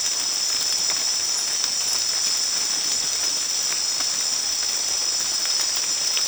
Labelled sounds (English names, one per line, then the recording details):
none
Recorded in secondary vegetation near Puerto Asís, Putumayo, Colombia, on 29 June 2025 at 23:30
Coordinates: 0.485, -76.322
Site GP06